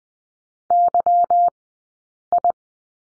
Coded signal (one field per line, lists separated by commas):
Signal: Morse code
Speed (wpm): 20 wpm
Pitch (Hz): 700 Hz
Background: none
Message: YI